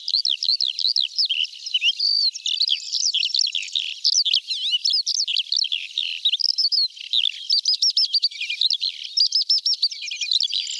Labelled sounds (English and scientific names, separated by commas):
Eurasian Skylark (Alauda arvensis) song